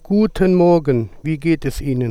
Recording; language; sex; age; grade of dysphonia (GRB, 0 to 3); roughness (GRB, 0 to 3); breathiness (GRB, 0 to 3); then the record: spoken sentence; German; male; 30 to 39 years; 1; 1; 0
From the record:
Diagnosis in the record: healthy voice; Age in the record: 34 years